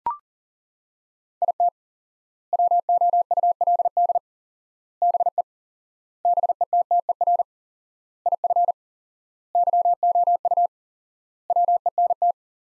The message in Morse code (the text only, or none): IT WOULD BE BETTER IF YOU WENT